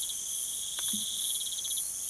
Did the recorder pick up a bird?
no